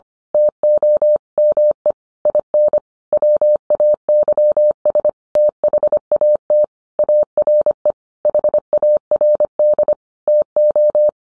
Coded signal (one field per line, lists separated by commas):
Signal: Morse code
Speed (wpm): 25 wpm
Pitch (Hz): 600 Hz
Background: none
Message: TO ME IN WAYS THAT ARE HARD TO